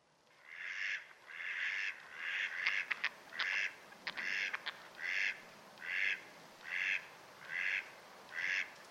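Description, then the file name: Mallard giving a steady run of rasping quacks roughly every 0.8 seconds, with a few sharp clicks or splashes mixed in midway. "magamo"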